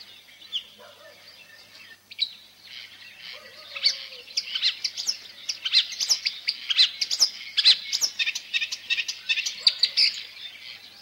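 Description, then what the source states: Marsh warbler song, opening with scattered thin notes, then from about four seconds a fast, dense, varied chatter of sharp chips, trills and squeaky phrases. Nests in green hedges and willow thickets; its simple song is decorated with fragments borrowed from other birds.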